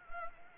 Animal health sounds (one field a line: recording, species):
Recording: mosquito wingbeat signal from an infrared sensor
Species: Anopheles gambiae